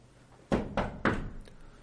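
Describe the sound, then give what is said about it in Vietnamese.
Three firm knocks on a wooden courtyard door, evenly spaced about a quarter second apart. Each is a sharp thud with a short ringing tail, alone against a quiet background. “Quả nhiên không lâu sau, ở phía cửa viện bỗng vang lên tiếng đập cửa.”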